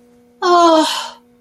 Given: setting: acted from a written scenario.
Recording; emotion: vocal sound without words; confusion